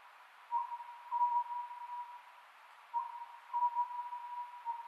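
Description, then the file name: Oriental scops owl giving a few hooted phrases of a couple of notes each, about two and a half seconds apart, with background hiss. Recorded on 27 May 2010 at 22:21. "konohazuku-20100527-2221"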